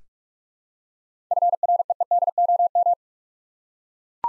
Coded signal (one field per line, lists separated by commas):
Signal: Morse code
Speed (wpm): 41 wpm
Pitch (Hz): 700 Hz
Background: none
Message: FREEDOM